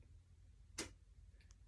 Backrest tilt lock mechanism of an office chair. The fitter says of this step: You'll hear a click when you lean back into it, such as this one.